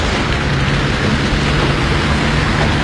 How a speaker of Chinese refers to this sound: 外头下雨，你不知道呀？